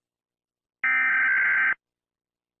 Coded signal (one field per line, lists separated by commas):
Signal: Emergency Alert System (SAME) tones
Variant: header bursts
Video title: Do not turn on your PC (EAS Scenario)